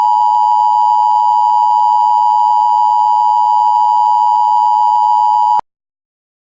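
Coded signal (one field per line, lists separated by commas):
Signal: Emergency Alert System (SAME) tones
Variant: 853 and 960 Hz attention tone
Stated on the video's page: Fictional EAS scenario.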